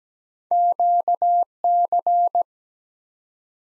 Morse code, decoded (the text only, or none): QC